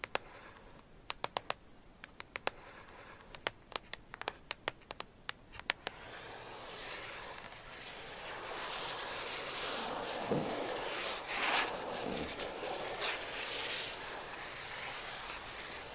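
Gentle tapping comes in sparse sharp clicks for the first six seconds, then gives way to a steady, brighter scratching hiss with brief swells.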